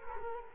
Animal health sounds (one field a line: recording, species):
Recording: mosquito wingbeat signal from an infrared sensor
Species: Culex quinquefasciatus